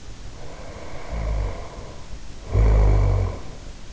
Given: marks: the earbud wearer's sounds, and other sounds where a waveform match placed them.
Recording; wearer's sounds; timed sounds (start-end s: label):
sounds in sleep by an in-ear microphone; snoring breath
0.21-3.69 s: snoring breath